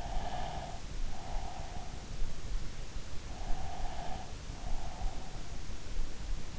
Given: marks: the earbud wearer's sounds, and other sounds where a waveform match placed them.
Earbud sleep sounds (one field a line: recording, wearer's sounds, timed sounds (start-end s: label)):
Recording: sounds in sleep by an in-ear microphone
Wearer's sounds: breath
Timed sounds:
0.07-2.14 s: breath
3.15-5.54 s: breath